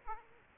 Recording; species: mosquito wingbeat signal from an infrared sensor; Aedes aegypti